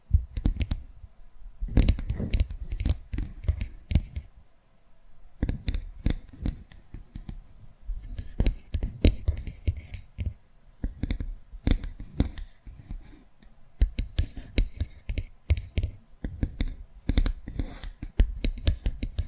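ASMR tapping in quick, uneven bursts of sharp taps and clicks, each with a dull thump beneath a crisp top. The rhythm comes in clusters separated by brief pauses, notably near 1, 5 and 7 seconds, with some light scratching between taps.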